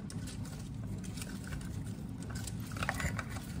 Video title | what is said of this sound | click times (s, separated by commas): Installing Skip Hop Baby Car Mirror | same thing just clicks. | 2.9 s